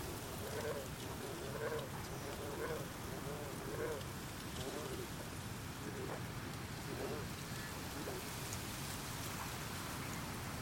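Frogs call in a steady series of short, mid-pitched croaks, about one each second through the first seven seconds, then fainter and sparser. Underneath runs a constant, dense hiss like rain falling on a surface, keeping the overall loudness even throughout.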